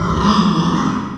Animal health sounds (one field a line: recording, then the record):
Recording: squeal of a Yucatan mini pig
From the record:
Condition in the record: after surgery on the right vocal fold (resection and tissue-engineered implant)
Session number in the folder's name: 15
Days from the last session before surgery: 175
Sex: female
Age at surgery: 19 weeks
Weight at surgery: 25 kg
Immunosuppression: prednisolone